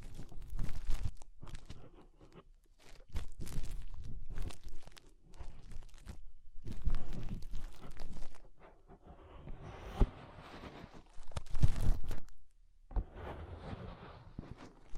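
Fingers rub and scratch at the inner ear in a dense run of crunchy, crackling scrapes. The rustling comes in uneven bursts with brief pauses, heaviest around the seventh second and again near the eleventh and twelfth. Low thumps sit under the brighter scratching.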